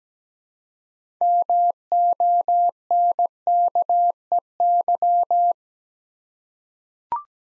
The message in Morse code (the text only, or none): MONKEY